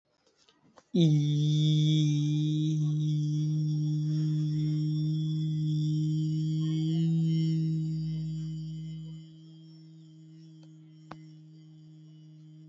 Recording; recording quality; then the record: sustained vowel as in beet; excellent, no background noise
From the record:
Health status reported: healthy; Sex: male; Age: 20 years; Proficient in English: yes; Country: India